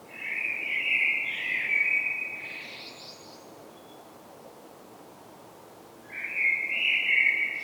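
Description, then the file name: Common blackbird giving a long wavering whistled note with a brief higher flourish, then a pause of several seconds before another sustained note begins. "Turdus merula"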